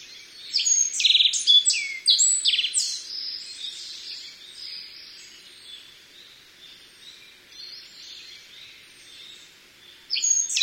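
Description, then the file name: Black-faced bunting song: a lively burst of high whistled and buzzy notes, a long stretch of faint twittering, then the phrase starting again at the end. "aoji"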